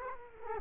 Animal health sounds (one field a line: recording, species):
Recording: mosquito wingbeat signal from an infrared sensor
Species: Culex quinquefasciatus